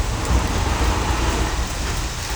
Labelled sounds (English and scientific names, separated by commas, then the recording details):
none
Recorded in dense forest near Puerto Asís, Putumayo, Colombia, on 16 December 2024 at 17:00
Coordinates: 0.467, -76.328
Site GP05